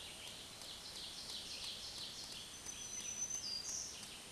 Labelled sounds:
Black-throated Green Warbler (Setophaga virens) song
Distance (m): 25 m
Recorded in a Pennsylvania forest on 1 June 2023 at 07:50
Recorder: AudioMoth, point grid3_34_high
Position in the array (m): 206 m, 107 m

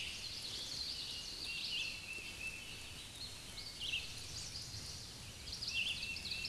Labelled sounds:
Scarlet Tanager (Piranga olivacea) song
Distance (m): 25 m
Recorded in a Pennsylvania forest on 19 May 2023 at 09:09
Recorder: AudioMoth, point grid1_7_low
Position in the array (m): 142 m, 43 m

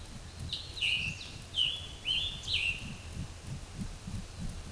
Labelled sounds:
Scarlet Tanager (Piranga olivacea) song
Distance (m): 5 m
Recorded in a Pennsylvania forest on 18 May 2023 at 20:36
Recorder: AudioMoth, point grid1_3_low
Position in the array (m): 96 m, 39 m

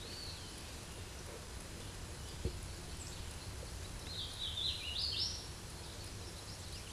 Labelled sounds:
Hooded Warbler (Setophaga citrina) song
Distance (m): 20 m
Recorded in a Pennsylvania forest on 17 May 2023 at 12:38
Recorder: AudioMoth, point grid1_20_low
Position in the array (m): 58 m, 208 m

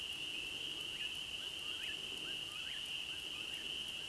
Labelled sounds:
Eastern Whip-poor-will (Antrostomus vociferus) song
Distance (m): 60 m
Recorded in a Pennsylvania forest on 31 May 2023 at 21:28
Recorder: AudioMoth, point grid3_10_high
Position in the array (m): -8 m, 93 m

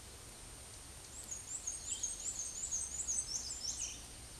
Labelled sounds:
Black-and-white Warbler (Mniotilta varia) song
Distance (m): 25 m
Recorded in a Pennsylvania forest on 18 May 2023 at 08:32
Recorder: AudioMoth, point grid1_28_low
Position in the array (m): 86 m, 93 m

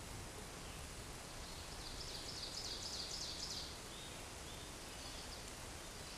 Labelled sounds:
Ovenbird (Seiurus aurocapilla) song
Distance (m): 45 m
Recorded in a Pennsylvania forest on 17 May 2023 at 13:13
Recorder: AudioMoth, point grid1_26_low
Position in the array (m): 157 m, 77 m

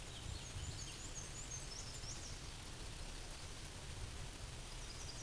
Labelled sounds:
Black-and-white Warbler (Mniotilta varia) song
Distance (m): 75 m
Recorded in a Pennsylvania forest on 18 May 2023 at 13:56
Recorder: AudioMoth, point grid1_27_low
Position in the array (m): 75 m, 106 m

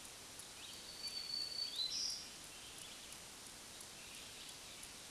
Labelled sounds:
Black-throated Green Warbler (Setophaga virens) song
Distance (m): 25 m
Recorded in a Pennsylvania forest on 1 June 2023 at 07:44
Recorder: AudioMoth, point grid3_39_high
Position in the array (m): 185 m, 178 m

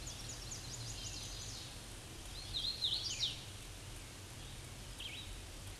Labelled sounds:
Hooded Warbler (Setophaga citrina) song
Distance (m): 25 m
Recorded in a Pennsylvania forest on 18 May 2023 at 07:35
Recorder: AudioMoth, point grid1_13_low
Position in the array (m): 146 m, 109 m

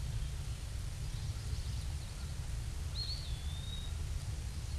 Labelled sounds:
Eastern Wood-Pewee (Contopus virens) song
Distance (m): 95 m
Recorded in a Pennsylvania forest on 18 May 2023 at 06:46
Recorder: AudioMoth, point grid1_9_low
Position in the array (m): 126 m, 175 m

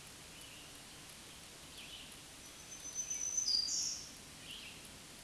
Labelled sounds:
Black-throated Green Warbler (Setophaga virens) song
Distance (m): 15 m
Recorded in a Pennsylvania forest on 1 June 2023 at 07:14
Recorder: AudioMoth, point grid3_26_high
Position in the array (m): 147 m, 52 m

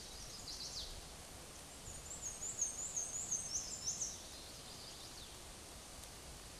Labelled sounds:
Black-and-white Warbler (Mniotilta varia) song
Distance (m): 30 m
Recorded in a Pennsylvania forest on 18 May 2023 at 13:56
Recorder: AudioMoth, point grid1_28_low
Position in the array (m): 66 m, 101 m

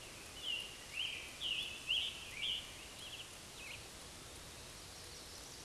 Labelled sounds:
Scarlet Tanager (Piranga olivacea) song
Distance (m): 50 m
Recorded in a Pennsylvania forest on 19 May 2023 at 13:58
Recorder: AudioMoth, point grid1_22_low
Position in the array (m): 202 m, 248 m

